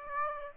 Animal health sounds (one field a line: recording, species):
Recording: mosquito wingbeat signal from an infrared sensor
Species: Aedes aegypti